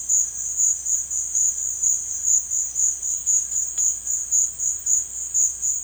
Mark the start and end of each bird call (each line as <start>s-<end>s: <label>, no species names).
0.00s-5.84s: bird call